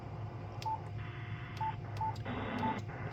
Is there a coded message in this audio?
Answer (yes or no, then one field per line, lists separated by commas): no